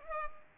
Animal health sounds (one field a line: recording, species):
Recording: mosquito wingbeat signal from an infrared sensor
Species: Culex pipiens